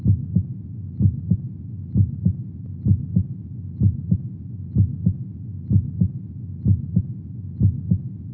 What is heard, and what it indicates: Heartbeat.